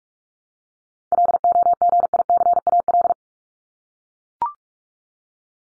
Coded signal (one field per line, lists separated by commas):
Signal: Morse code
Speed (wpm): 44 wpm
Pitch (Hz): 700 Hz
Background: none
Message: LOGICAL